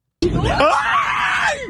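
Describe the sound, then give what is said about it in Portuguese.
A single loud scream bursts out and holds for about a second and a half, its pitch wavering and sliding before it trails off, with no talking. “Imagina você tá num avião e tem uma bosta dessa gritando.”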